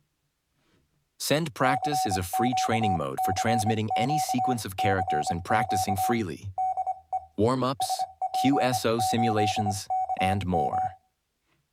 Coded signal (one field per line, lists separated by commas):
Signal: Morse code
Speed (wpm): 25 wpm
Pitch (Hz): 750 Hz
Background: speech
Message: CQCQCQ DE SP8KM